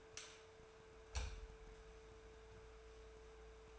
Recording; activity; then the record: daily activity, microphone in the room; light on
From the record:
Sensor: 2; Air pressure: 1014.6 hPa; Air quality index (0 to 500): 188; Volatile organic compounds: 15 ppm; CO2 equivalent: 2486 ppm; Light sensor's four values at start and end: 8/21/8/9 and 13/38/15/15